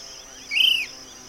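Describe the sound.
Short-crested flycatcher call: a single brief, rising-then-falling whistled note, over a steady high insect drone.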